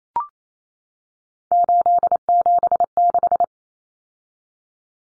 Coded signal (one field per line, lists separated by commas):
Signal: Morse code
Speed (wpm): 28 wpm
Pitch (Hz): 700 Hz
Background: none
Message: 876